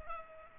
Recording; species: mosquito wingbeat signal from an infrared sensor; Culex pipiens